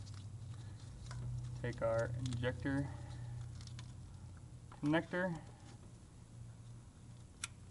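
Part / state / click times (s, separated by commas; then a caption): wiring harness connector onto fuel injector / seated / 7.4 s. A wiring harness electrical connector is pushed onto a diesel fuel injector while the injector is being reinstalled in a Duramax LBZ engine. Someone talks over a low hum, then a single sharp, loud click sounds at 7.4 s as the connector seats.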